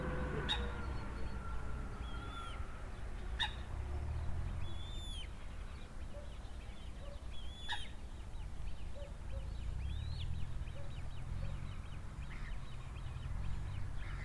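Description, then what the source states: Birds giving several short whistled calls and a few clicks, against a constant low traffic roar. Recorded at a lake beside a highway.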